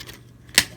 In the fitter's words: And you'll hear that click into place.